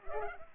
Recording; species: mosquito wingbeat signal from an infrared sensor; Culex pipiens